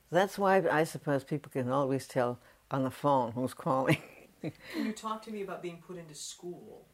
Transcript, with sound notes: That's why I suppose people can always tell on the phone who's calling. [Chuckles]
Can you talk to me about being put into school?